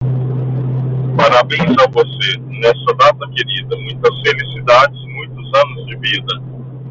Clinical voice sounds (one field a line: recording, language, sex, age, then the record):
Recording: short text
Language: Brazilian Portuguese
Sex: male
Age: 30 to 39 years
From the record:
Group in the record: control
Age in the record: 37 years